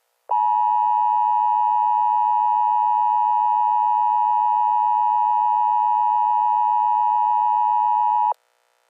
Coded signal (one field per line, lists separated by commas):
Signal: Emergency Alert System (SAME) tones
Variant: 853 and 960 Hz attention tone